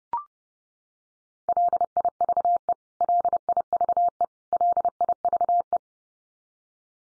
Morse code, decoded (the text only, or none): LIVE LIVE LIVE